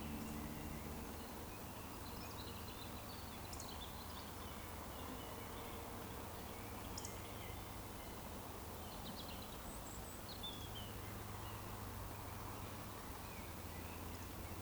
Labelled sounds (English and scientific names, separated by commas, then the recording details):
Eurasian Woodcock (Scolopax rusticola) whistle
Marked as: whistle, whistle, whistle, whistle, whistle
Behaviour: display flight
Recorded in Baden-Württemberg, Germany, on 23 June 2020 at 19:56 UTC
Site 14569, 102 m above sea level